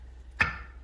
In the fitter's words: And we're putting in the wheels there. and they just snap in.